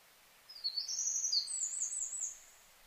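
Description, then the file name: Eurasian wren song, a rapid high-pitched run of trills and warbling notes, with faint background hiss. Recorded 4 March 2007. "misosazai 20070304"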